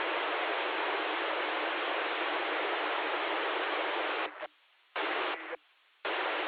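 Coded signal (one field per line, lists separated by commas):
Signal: digital SSTV (DRM)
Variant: KG-STV, MSK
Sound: steady harsh hiss-like data rush, briefly cutting out twice near the end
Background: radio static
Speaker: maintenant je vais passer un troisième le troisième passage à un essai dans un endroit beaucoup plus dégagée dans les champs pour voir effectivement ce que ce que ça donne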